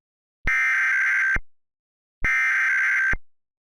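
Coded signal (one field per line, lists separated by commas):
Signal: Emergency Alert System (SAME) tones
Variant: header bursts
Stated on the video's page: Fictional alert; valid SAME tones generated with EAS encoder software.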